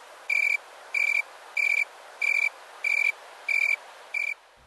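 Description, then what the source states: Riley's tree cricket chirps: seven short buzzy high chirps in a steady series, about three every two seconds. Western species; tree crickets call by rubbing the front wings together, to attract females or keep a territory.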